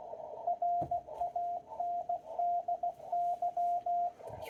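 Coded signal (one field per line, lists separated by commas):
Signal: Morse code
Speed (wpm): 16 wpm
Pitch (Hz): 700 Hz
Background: radio noise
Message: RANDY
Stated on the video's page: Slow-speed CW operating event, contest-like, keying typically around 18–20 wpm, meant to help learners build speed.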